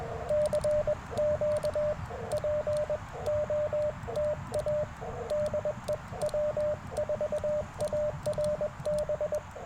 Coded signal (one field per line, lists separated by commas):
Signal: Morse code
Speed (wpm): 22 wpm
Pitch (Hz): 600 Hz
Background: radio noise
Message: CQ POTA DE W4ARB